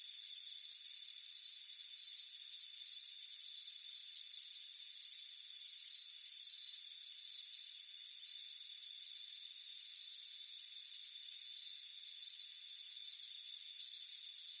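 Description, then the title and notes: High, trilled cricket chirps repeat in an even rhythm over a continuous thin insect drone. Crickets chirping on a warm afternoon, heard from a hammock on a front porch. "Soothing Crickets Chirping Sound. It's a warm afternoon as you relax in a hammock on the front porch. Relax and fall asleep to the soothing sound of chirping crickets. Deep Sleep Sounds"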